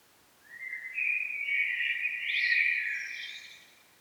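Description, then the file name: Common blackbird singing a warbled phrase that climbs into higher notes before fading. "Turdus merula"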